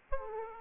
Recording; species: mosquito wingbeat signal from an infrared sensor; Aedes aegypti